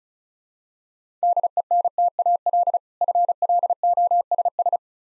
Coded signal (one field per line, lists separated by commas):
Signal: Morse code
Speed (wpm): 36 wpm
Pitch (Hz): 700 Hz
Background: none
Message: DENTAL FLOSS